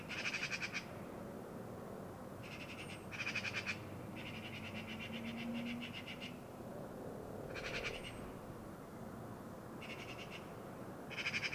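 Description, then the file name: Eurasian magpie chattering in several harsh, rattling bursts with short pauses between them, over steady low background noise. "Pica pica"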